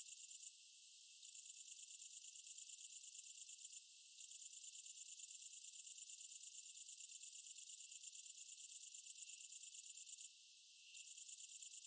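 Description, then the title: Great green bush-cricket song, a shrill rapid pulsed buzz running in long bursts, interrupted by three short gaps of under a second, nothing else audible. Recorded at Apt, Vaucluse, France, in June 2010. "Sylvain Jaskowiak - Animus. Grande sauterelle verte - Apt , Vaucluse - juin 2010"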